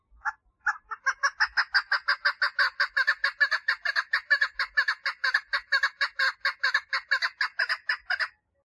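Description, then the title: Partridge song: a couple of lead-in notes, then a long, even series of grating notes lasting roughly seven seconds. "Perdiz Cantando"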